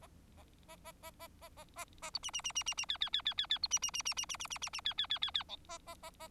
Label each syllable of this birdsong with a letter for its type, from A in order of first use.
A A A A A A A A A A B C C C C C C D D D D D D B C C C C C C C C C C D D D D D E A A A A